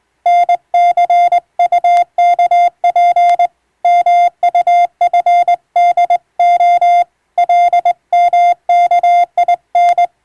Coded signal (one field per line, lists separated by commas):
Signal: Morse code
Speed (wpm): 21 wpm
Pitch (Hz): 700 Hz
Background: none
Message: NCUKP MUFDO LMKIN